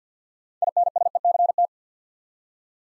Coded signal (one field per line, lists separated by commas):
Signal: Morse code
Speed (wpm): 48 wpm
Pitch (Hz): 700 Hz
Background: none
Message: INSECT